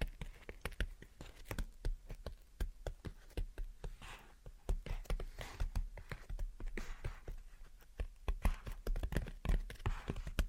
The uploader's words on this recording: Gentle Tapping and Scratching. (No Talking).